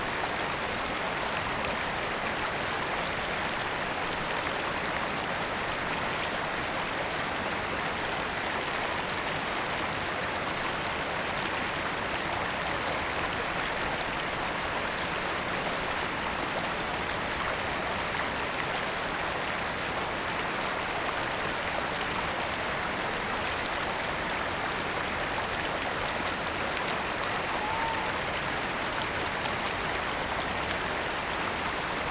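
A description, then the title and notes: A waterfall roars in a thick, unbroken wash of falling water that stays level for the whole half minute. The sound is dense, with a strong hissing top and a rumbling low body, and no separate splashes or other sounds break through. Carrington Falls Relaxing Waterfall Sounds. This season comes from Australia! It's recorded using two microphones placed as if they were human ears.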